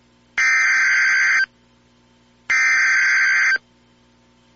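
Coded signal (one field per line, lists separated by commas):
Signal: Emergency Alert System (SAME) tones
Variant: header bursts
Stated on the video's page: Fictional EAS scenario about an alien incursion, using valid SAME tones.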